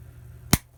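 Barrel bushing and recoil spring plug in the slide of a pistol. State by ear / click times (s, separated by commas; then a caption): seated / 0.5 s. During reassembly of a 1943 Remington Rand M1911A1 pistol, a bushing tool pushes in the recoil spring plug and turns the barrel bushing in the slide. A single sharp metallic snap at 0.5 s rises over a low, steady hum as the bushing clicks into place over the plug, seated.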